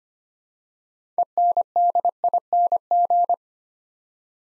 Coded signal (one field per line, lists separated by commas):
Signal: Morse code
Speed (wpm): 25 wpm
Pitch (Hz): 700 Hz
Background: none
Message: ENDING